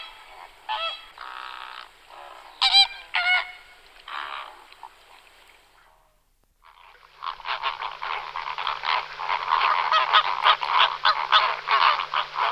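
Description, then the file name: Greater flamingo calls: scattered loud nasal honks at first, then a dense, continuous chorus of flock chatter after a short lull. "plameňák-růžový"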